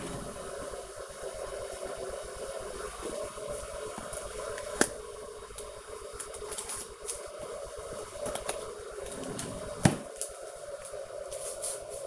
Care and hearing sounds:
household activities, microphone on the right wrist
0.00-12.07 s: making tea

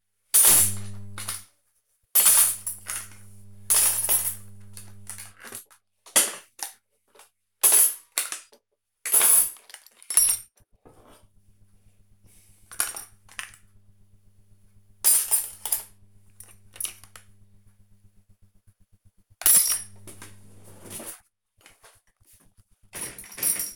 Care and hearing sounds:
household activities, microphone on the right wrist
0.00-23.76 s: cleaning out the dishwasher

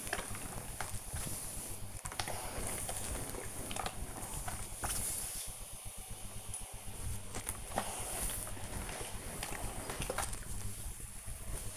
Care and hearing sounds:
household activities, microphone on the right wrist
0.00-11.77 s: ironing laundry

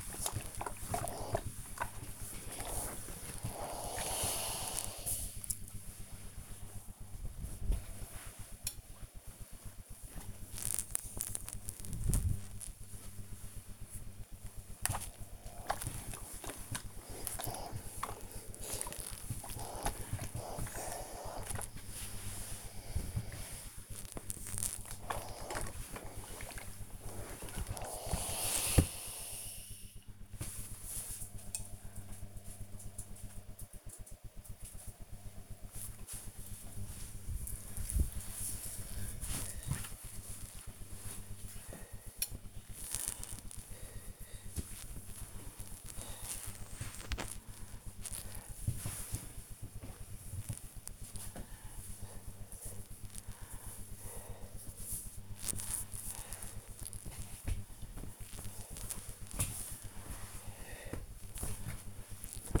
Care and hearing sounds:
household activities, microphone on the right wrist
0.00-30.21 s: ironing laundry
35.24-62.60 s: folding laundry

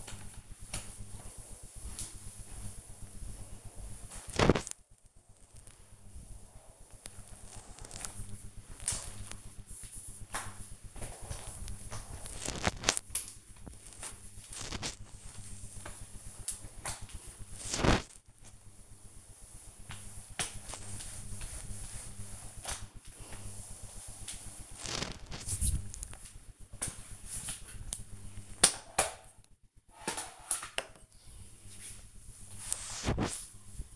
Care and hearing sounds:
household activities, microphone on the right wrist
0.00-33.96 s: floor cleaning

